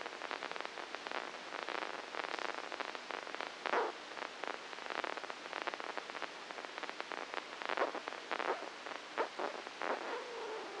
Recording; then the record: brain microelectrode recording played as sound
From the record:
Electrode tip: inside the subthalamic nucleus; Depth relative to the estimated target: -4 mm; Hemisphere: left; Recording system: NeuroSet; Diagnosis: Parkinson's disease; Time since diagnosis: 9 years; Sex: female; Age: 51 years